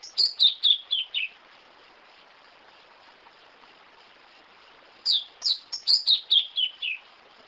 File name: canto do pia cobra